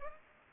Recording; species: mosquito wingbeat signal from an infrared sensor; Aedes aegypti